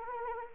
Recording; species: mosquito wingbeat signal from an infrared sensor; Anopheles arabiensis